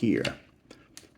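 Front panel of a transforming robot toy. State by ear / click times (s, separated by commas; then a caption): seated / 1.0 s. Someone talks briefly at the start while transforming a Transformers TMNT 2024 Collaborative Party Wallop robot toy figure. A faint tap comes at 0.7 s, then the plastic front panel snaps down into place with a sharp click at 1.0 s. The panel is seated.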